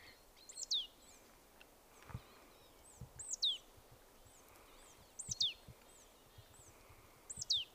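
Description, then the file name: Marsh tit giving abrupt, high, downward-swooping call notes roughly every two seconds over a faint background hiss, with a few low thuds. "Poecile palustris"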